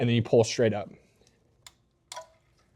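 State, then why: Released. Someone talks, then the plastic locking slider on the electrical connector of a direct-injection fuel injector on a B58TU, during an S58 injector install, is popped up and the lock pressed in. The connector clicks sharply at 1.7 s and 2.1 s as it releases, and the plug is pulled straight up off the injector.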